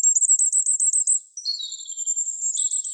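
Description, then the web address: Firecrest song: a rapid run of very high, thin repeated notes, then a brief pause and a lower slurred phrase, with more high notes returning at the end. "Regulus ignicapillus"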